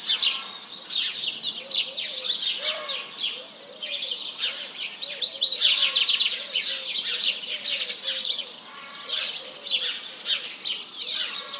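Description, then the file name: House Sparrows chirping in a busy, unbroken chorus while pigeons give soft, repeated rolling coos below. Large flock calling in the morning at 07:30 on 1 March 2007, mixed with various pigeons. "Réveil des oiseaux"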